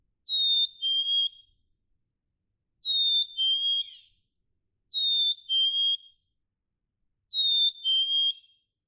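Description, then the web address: Black-capped chickadee song: four clear whistled two-note phrases, a high note falling to a slightly lower one, about every two and a half seconds, with a brief soft twitter after the second. "birdsongforthecurious Black-capped Chickadee"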